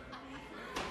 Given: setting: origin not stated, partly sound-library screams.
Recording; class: one-second piece from a danger detection set; woman in danger